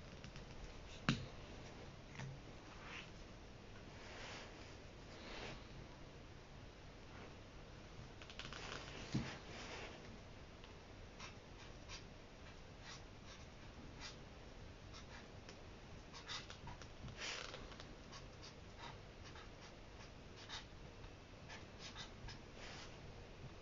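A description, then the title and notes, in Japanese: Someone copies out a memorable passage from a book's introduction, with scratchy pen strokes and soft rustles scattered through a steady low hiss. A sharp tap comes near the first second, and a denser burst of scratching around eight to ten seconds. 本の「はじめに」ないしそれに当たる部分だけを読み、印象に残った一節を書き写しているときの音です。本の「はじめに」だけを読み、印象に残った一節を書き写す。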